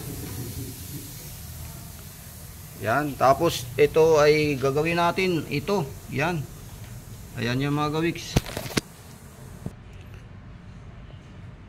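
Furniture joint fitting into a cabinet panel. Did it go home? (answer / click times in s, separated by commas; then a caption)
yes / 8.8 s. A joint fitting is pressed into a flat-pack IKEA cabinet panel during assembly while someone talks. A single sharp hit at 8.8 s marks the fitting locking in place, and the joint is seated.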